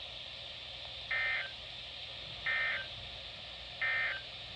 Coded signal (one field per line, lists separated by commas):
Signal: Emergency Alert System (SAME) tones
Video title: Part 1 of the flooding Madness EAS#228-245 8/12/20-8/14/20